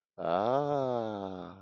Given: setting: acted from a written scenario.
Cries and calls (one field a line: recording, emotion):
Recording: vocal sound without words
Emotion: interest